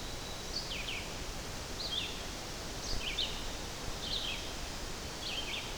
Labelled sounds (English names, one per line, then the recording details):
Red-eyed Vireo song
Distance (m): 45 m
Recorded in boreal forest in Alberta, Canada, on 12 June 2016 at 06:37
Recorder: SongMeter 3, array SBT-3-18
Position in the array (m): 238 m, 99 m